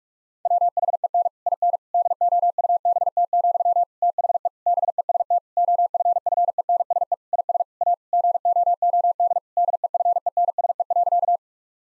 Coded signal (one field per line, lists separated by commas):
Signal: Morse code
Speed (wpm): 42 wpm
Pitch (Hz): 700 Hz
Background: none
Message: WHEN IN DOUBT, THE BEST OFFENSE IS A GOOD DEFENSE.